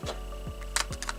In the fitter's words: in till it clicks and this doesn't feel all that bad